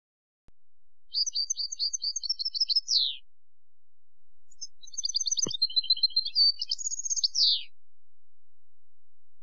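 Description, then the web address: European goldfinch song: two rapid, tinkling twittered phrases of high notes, each ending in a descending slur, separated by a pause, with a single click midway. "Chants Chard"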